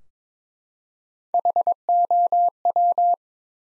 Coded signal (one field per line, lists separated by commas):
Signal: Morse code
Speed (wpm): 22 wpm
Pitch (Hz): 700 Hz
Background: none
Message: HOW